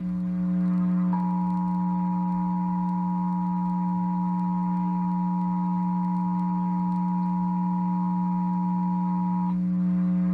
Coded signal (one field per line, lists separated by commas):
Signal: Emergency Alert System (SAME) tones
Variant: 853 and 960 Hz attention tone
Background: music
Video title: National EAS Test! | Tests from August 2021 (EAS#145-171)